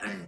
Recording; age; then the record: pig call; piglet (1 to 25 days)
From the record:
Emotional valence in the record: negative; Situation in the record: castration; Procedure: castration, shear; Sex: male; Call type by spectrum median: low-frequency call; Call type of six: low-frequency tonal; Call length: 0.27 s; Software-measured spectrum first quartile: 297 Hz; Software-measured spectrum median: 1069 Hz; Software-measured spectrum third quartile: 2011 Hz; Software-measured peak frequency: 199 Hz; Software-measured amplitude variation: 87 dB a second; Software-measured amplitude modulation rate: 20.1 a second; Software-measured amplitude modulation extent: 4.3 dB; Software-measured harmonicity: 2.6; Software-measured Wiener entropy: -1.37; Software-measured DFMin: 1157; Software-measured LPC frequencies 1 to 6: 1680, 2624, 4693, 5330, 6906, 8215 Hz